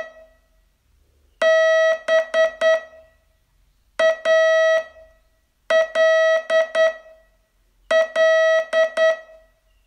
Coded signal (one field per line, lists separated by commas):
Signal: Morse code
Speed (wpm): 9 wpm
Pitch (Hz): 640 Hz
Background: none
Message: BALL